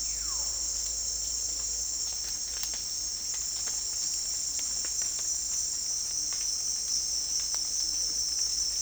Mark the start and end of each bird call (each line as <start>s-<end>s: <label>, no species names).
0.00s-0.51s: bird call